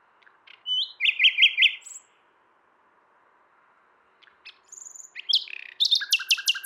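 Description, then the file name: Common nightingale song: a buzzy warbled phrase, a quiet gap, then a high thin whistle and a fast run of sharp repeated notes. "Luscinia megarhynchos"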